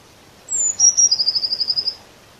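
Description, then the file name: Eurasian blue tit call, a sharp high downward-sliding note followed by a longer, steady trill of many quick pulses over a quiet background. "Cyanistes caeruleus"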